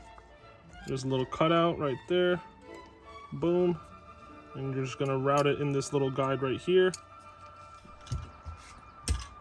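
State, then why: Seated. A release cable is routed through its guide on a Mercedes GL450 tailgate lock assembly while someone talks. The cable end then latches into the lock with a small, sharp plastic click at 9.1 s, and the cable is seated.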